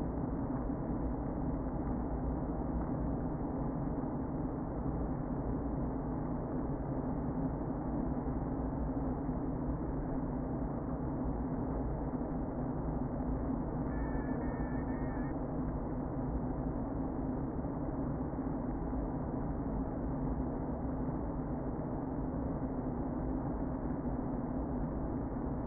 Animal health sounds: honeybee colony, microphone inside the hive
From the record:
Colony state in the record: queen present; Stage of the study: before two queens were removed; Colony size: about 60,000 bees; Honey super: yes

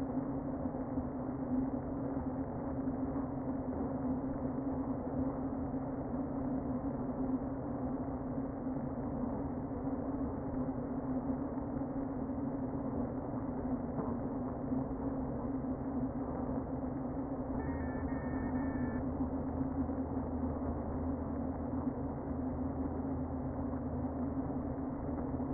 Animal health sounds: honeybee colony, microphone inside the hive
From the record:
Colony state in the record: queen present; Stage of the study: before two queens were removed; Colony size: about 60,000 bees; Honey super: yes

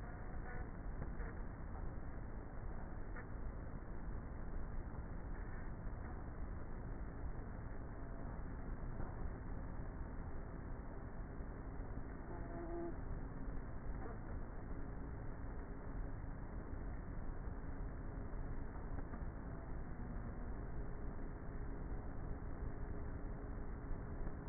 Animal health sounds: honeybee colony, microphone inside the hive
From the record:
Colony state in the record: queenless with a low population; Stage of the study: before two queens were removed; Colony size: about 30,000 bees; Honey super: no

